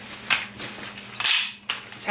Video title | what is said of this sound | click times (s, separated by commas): Sitpack Campster... Great compact chair with a bag! | that satisfying clicking sound i don't i don't know it's | 1.2 s, 1.7 s